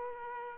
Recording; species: mosquito wingbeat signal from an infrared sensor; Aedes aegypti